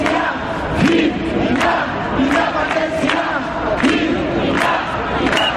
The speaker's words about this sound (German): Und es gibt Independencia-Rufe, Unabhängigkeitsrufe.